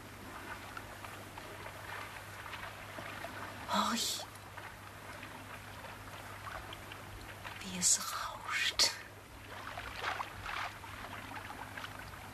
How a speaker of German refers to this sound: Hörst du das Wasser?